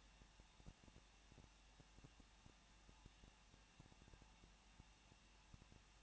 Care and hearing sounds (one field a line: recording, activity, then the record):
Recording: daily activity, microphone in the room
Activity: no activity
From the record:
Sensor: 1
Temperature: 20.1 degrees Celsius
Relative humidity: 39.0%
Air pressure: 1006.6 hPa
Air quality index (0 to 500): 216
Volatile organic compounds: 71 ppm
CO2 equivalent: 3529 ppm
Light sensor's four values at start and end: 1/2/1/1 and 1/2/1/1